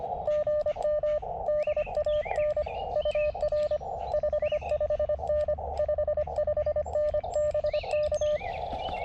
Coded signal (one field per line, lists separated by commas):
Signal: Morse code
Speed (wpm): 25 wpm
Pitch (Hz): 600 Hz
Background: radio noise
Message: GM DAN UR 55N 55N BK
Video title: CW POTA at US 4567 with the KX2 and WRC antenna